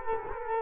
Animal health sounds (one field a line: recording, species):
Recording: mosquito wingbeat signal from an infrared sensor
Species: Culex quinquefasciatus